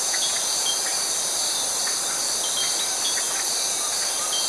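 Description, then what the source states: Cicada drone, sustained, high and metallic, with sparse brief chirps in the background. Tropical forest.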